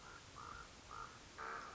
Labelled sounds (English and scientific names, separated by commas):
Common Raven (Corvus corax)